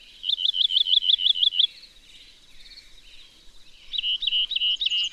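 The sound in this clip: Bird song of clear, bouncing whistled notes repeated about eight times in quick rhythm, a short pause, then four slower repeats of a similar note.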